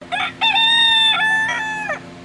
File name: Rooster